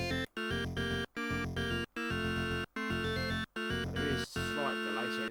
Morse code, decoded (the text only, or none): none